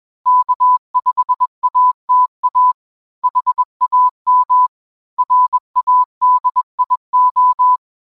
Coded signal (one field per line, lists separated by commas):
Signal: Morse code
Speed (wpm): 21 wpm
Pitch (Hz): 1000 Hz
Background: none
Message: K5ATA HAM RADIO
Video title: Ham Radio Basics: How to Solder Wires Together